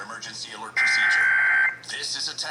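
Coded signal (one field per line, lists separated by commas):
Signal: Emergency Alert System (SAME) tones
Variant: header bursts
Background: speech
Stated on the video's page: Texas Required Monthly Test tones heard on WBAP AM and FM and several Texas TV stations.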